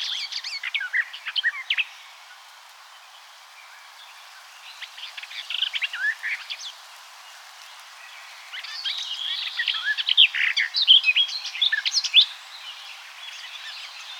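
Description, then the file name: Eurasian blackcap delivers varied warbling phrases, short bursts at first, building to a louder, busier passage of rapid notes near the end. "Sylvia atricapilla"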